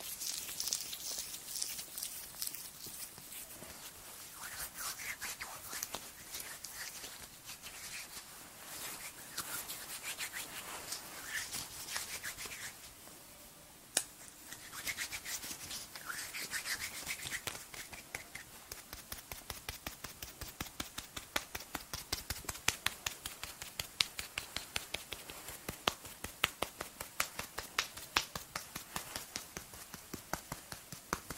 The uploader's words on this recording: ASMR Relaxing Massage (Cleansing, Face Touching, Body Mousse, Personal Attention, No Talking).